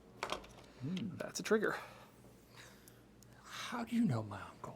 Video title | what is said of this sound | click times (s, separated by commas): PS4 controller USB-C upgrade -- Tinker Tailor Solder Fry 2023-08-03 | going to just push it down until it clicks into place, and Bob is your uncle. | 0.2 s